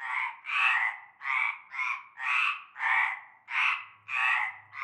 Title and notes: Avenue Cante Coucou, Groupède, La Ciotat, Marseille, Bouches-du-Rhône, Provence-Alpes-Côte d'Azur, France métropolitaine, 13600, France - cœur de grenouilles. Une grande vasque en béton, un fond d'eau verdâtre croupissant. et un cœur de grenouilles dès la nuit tombée